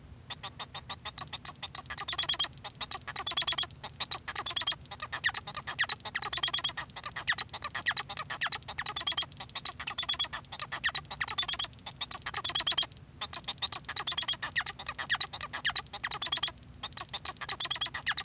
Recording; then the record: song of a male Bengalese finch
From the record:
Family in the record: son of father 1